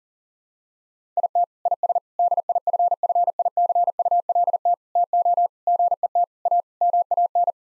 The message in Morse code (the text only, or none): IT IS DIFFICULT TO GET A MAN